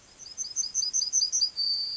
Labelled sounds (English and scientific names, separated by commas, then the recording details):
Yellowhammer (Emberiza citrinella) song
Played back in grassland
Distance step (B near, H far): C
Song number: 103